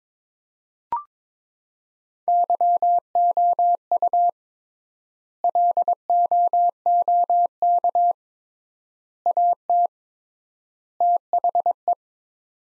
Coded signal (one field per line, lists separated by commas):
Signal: Morse code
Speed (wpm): 22 wpm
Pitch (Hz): 700 Hz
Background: none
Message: YOU LOOK AT THE